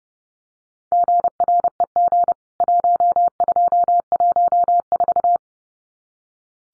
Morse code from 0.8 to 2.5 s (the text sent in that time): GREG